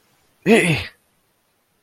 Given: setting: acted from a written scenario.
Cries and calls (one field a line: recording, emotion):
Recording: vocal sound without words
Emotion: negative surprise